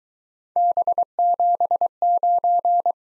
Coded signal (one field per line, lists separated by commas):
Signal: Morse code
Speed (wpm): 23 wpm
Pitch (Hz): 700 Hz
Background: none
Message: B79